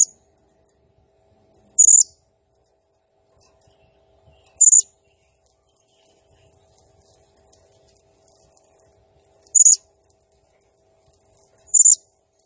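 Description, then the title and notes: Blue-crowned hanging parrot calls: single sharp, very high squeaks spaced two to five seconds apart in otherwise quiet surroundings. Local name serindit; lively nembak gacor singing; recording used as masteran, a lure and training sound for other birds. "Burung Serindit Nembak Gacor Bikin Emosi Semua Burung. Suara Nasteran Dan Pemikat Burung Serinditan Gacor"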